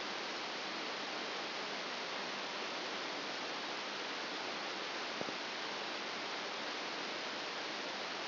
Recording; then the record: brain microelectrode recording played as sound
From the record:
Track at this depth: inside the subthalamic nucleus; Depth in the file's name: 2.304 mm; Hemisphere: left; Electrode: 2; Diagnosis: Parkinson's disease